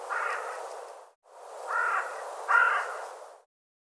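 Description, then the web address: Bird giving a few harsh, hoarse cawing calls in quick succession. "cianscape birddata Deverinetal 2025"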